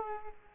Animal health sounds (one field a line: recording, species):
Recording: mosquito wingbeat signal from an infrared sensor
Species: Culex quinquefasciatus